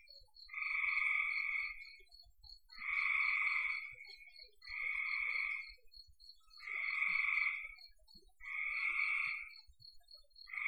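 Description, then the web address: Frogs giving buzzy trilled calls in regular bouts roughly every two seconds, over a faint repeated high ticking and low background noise. "cn frogs"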